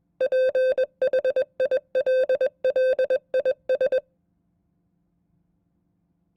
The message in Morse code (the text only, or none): PHILLIS